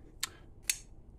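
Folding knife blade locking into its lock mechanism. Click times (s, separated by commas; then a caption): 0.2 s, 0.7 s. A different folding knife, not the reviewed one, is flipped open and its blade locks into its lock mechanism with a nice solid click. Two sharp, bright clicks land at 0.2 s and 0.7 s, each ringing briefly in the high frequencies over a quiet low background. Someone talks, and the lock engages solidly each time.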